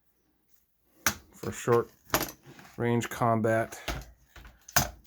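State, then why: Seated. A folding stock on an airsoft replica rifle is folded back until its latch locks onto the receiver, clicking into place at 4.8 seconds. Sharp mechanical snaps are heard around 1.1 and 2.1 seconds, and someone talks in between. The stock is seated and latched.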